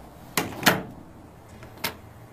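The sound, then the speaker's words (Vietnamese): A wooden window shutter is pulled closed with two sharp, hollow clacks, then a single firmer knock as the latch drops into place, with quiet pauses between and no voices. “Cô kéo cánh cửa lại rồi đóng chốt thật chặt, sau đó đi ngủ.”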